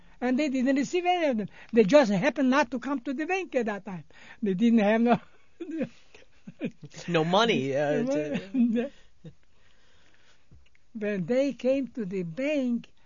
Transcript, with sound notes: And they didn't receive any of them. They just happened not to come to the bank at that time. They did have no... (he laughs)
No money, to...
When they came to the bank.